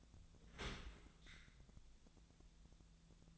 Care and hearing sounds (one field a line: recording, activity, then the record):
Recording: daily activity, microphone in the room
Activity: open dishwasher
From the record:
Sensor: 3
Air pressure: 1000.5 hPa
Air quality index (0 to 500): 175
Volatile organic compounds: 3 ppm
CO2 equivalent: 1513 ppm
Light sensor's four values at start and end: 15/40/16/17 and 15/40/16/17